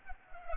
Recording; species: mosquito wingbeat signal from an infrared sensor; Culex pipiens